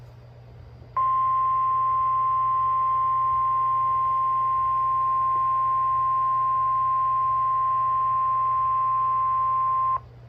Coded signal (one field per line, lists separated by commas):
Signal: Emergency Alert System (SAME) tones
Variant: 1050 Hz attention tone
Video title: Georgia Tornado Drill!| EAS #61-63| Required Weekly Test| KXI76, WXJ31